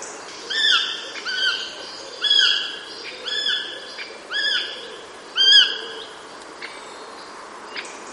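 Bird giving a steady series of six harsh, ringing calls, followed by a couple of soft clicks and quiet.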